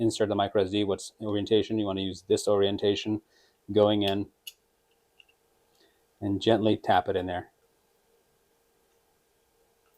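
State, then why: Not seated. Someone talks while a microSD card is positioned and gently tapped toward the spring-loaded push-push card slot on the back of a video doorbell, with a few brief small handling sounds around 4.5 s and 5.2 s. The card is still being handled; nothing has seated or clicked yet.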